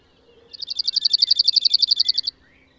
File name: Bruant zizi